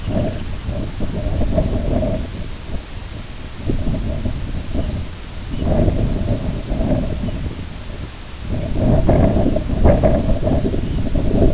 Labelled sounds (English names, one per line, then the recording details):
Lapland Longspur
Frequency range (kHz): Lapland Longspur 2.2-6.9 kHz
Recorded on Arctic tundra, site IGLO-B, on 22 June 2018
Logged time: 21:59